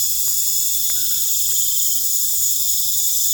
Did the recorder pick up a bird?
no